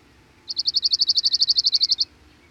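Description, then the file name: Cirl bunting singing a flat, even trill of many quick buzzy notes at a steady high pitch, starting and stopping abruptly. "Cirl Bunting (Emberiza cirlus)"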